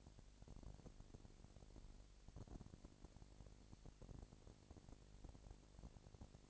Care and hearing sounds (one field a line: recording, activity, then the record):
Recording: daily activity, microphone in the room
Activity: no activity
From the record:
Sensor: 5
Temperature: 20.1 degrees Celsius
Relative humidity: 38.2%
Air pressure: 998.9 hPa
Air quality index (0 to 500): 218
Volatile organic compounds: 24 ppm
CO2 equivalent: 2814 ppm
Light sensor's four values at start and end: 2/3/1/1 and 2/3/1/1